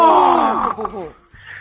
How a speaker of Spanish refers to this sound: Diecinueve y treinta y nueve, y escucho algo. A ver, ¿qué es este sonido raro que aparece acá? Una respiración. ¡Oh!